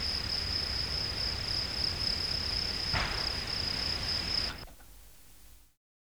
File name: Gryllus campestris